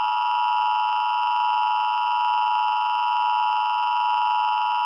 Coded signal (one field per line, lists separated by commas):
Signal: Emergency Alert System (SAME) tones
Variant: 853 and 960 Hz attention tone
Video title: The Great War - A WW3 EAS Scenario